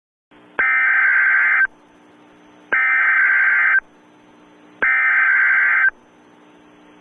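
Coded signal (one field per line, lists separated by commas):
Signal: Emergency Alert System (SAME) tones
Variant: header bursts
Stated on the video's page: Simulated EAS tornado warning scenario, not a real alert.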